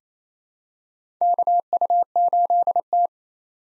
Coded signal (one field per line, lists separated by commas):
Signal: Morse code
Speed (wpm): 28 wpm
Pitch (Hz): 700 Hz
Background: none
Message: KU8T